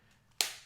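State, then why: Seated. The second corner of an Andar Aspen Togo leather case is pressed over an iPhone 15 Pro Max and snaps into place with one sharp, bright click at 0.4 s, credited to the case's metal camera ring. Before it there is only a faint low hum, and the click's ring fades over the remaining 0.3 s. The corner seats firmly with a great click.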